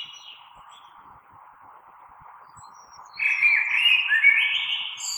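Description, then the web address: Common blackbird: a flowing, fluty song phrase with a high twittery tail, heard over a steady low background drone. Recorded 3 March 2020. "oiseaux Merle 2020 03 03"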